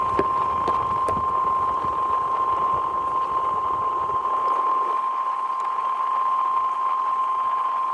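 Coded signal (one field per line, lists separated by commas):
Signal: Emergency Alert System (SAME) tones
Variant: 1050 Hz attention tone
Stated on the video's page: NOAA weather radio river flood warning, the same alert issued twice.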